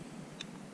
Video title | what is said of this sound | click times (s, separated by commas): Unboxing our new camera!! New Go Pro 11 creator edition! New Vlog setup!.!.!. | and then that just clicks back in there | 0.4 s